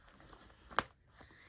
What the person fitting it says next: You can hear it snap.